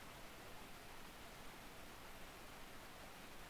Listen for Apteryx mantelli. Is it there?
no